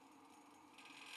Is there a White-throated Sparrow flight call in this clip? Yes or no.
no